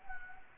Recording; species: mosquito wingbeat signal from an infrared sensor; Anopheles gambiae